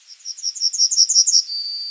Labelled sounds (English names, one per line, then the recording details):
Yellowhammer song
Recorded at under 5 m from the bird
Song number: 028